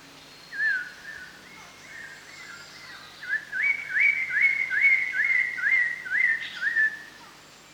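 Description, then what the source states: Chestnut-hooded laughingthrush whistling: a few softer whistles, then a louder, brisk string of slurred whistles. Recorded at Danum on 1 March 2008.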